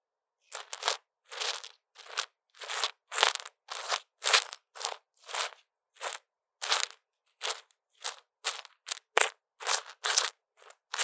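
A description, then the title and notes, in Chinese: Someone fiddles with a wired microphone, making a string of short crunchy, crackling rustles, roughly two per second, each lasting under half a second with silence between. The bursts are bright and scratchy with no low rumble, varying slightly in loudness throughout. ASMR 各種玩弄線麥-蛋蛋的哀傷 | Lo-fi Earphone Mic | Lo-fi | No Talking。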